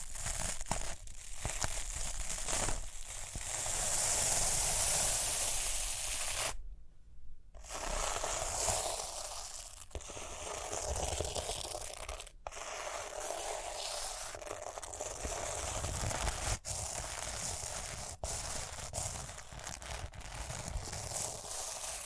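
Rhinestones are tapped, scratched and brushed in a dense, crackling rustle, with a bright hiss near five seconds and brief silences around seven and twelve seconds.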